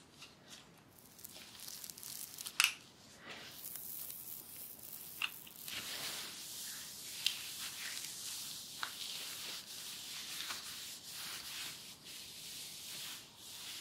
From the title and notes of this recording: TimASMR-Real Person Hair Play, Back Tracing, Scratching & Massage (NO TALKING).